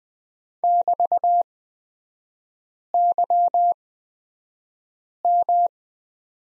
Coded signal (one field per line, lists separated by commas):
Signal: Morse code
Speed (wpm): 20 wpm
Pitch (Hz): 700 Hz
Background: none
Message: <BT>YM